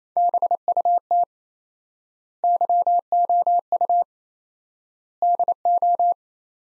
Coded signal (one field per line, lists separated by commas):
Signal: Morse code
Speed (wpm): 28 wpm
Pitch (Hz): 700 Hz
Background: none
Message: BUT YOU DO